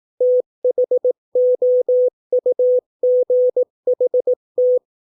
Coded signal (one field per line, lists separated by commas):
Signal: Morse code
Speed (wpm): 18 wpm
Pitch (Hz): 500 Hz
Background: none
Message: THOUGHT